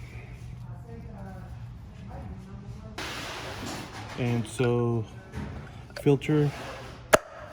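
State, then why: Seated. Someone talks while a new oil filter element for a 2020 GT350 is pressed by hand into its canister housing. A single sharp pop is heard at 7.1 s as the element seats in the canister.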